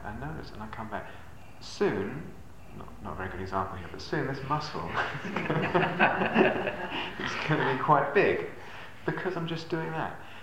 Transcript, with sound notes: I notice, and I come back. Soon -- not a very good example here, but soon, this muscle... [laughter] is going to be quite big, because I'm just doing that.